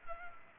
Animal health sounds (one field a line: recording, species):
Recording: mosquito wingbeat signal from an infrared sensor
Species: Culex pipiens